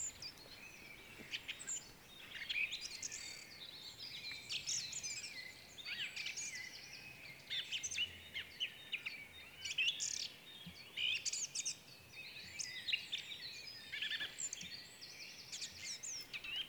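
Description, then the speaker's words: Common swifts screaming: faint, shrill, buzzy high-pitched screams coming in bursts throughout over a steady background hiss. Screaming parties on summer evenings; 10 to 20 birds gather in flight around the nesting area, calling and answered by nesting swifts; larger parties at higher altitudes late in breeding season. "They often form screaming parties during summer evenings, when 10 to 20 swifts will gather in flight around their nesting area, calling out and being answered by nesting swifts."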